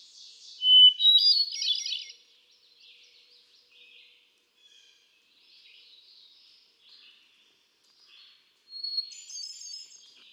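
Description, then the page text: Hermit thrush song: one strong phrase of a whistled note and a fluty, rippling cascade, a long quiet stretch of soft notes, then a higher phrase. One male cycling through a repertoire of about ten different songs; recorded 13 June 2006 at Quabbin Park, Ware, Massachusetts. "Birdsong for the Curious Naturalist. Hermit thrush"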